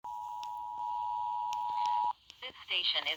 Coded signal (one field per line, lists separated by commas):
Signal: Emergency Alert System (SAME) tones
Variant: 853 and 960 Hz attention tone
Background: speech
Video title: EAS #60/65 - Illinois Required Monthly Test - Oct 4, 2022